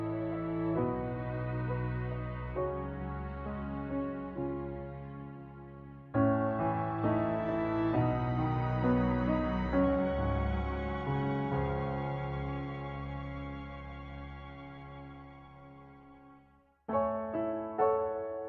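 A soundtrack piece of sustained, low-pitched chords with struck notes that ring and fade. Fresh chords enter suddenly near 6 seconds, then the sound slowly dies away almost to silence before a new chord returns at about 17 seconds.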